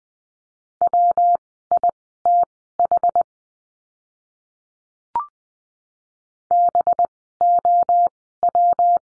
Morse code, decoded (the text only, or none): WITH BOW